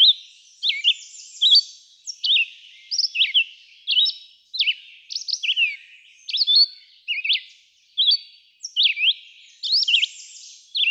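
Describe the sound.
Red-eyed vireo delivering quick, choppy whistled phrases, alternating rising and falling notes, with short gaps between them and no other clear sounds.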